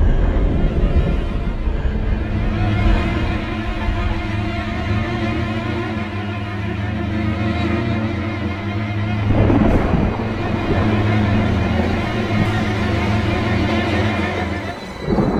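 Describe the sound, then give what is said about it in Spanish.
A thunderstorm rumbles steadily with deep, rolling thunder and a constant wash of wind and rain, swelling into a louder crack and roar around the middle before settling back into the drone. “Voy a intentar dormir, si es que esta maldita tormenta me da tregua.”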